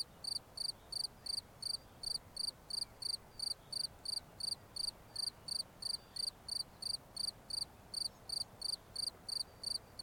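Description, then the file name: Crisp high cricket chirps follow each other quickly and evenly, about three per second, against low background noise. "Grillons"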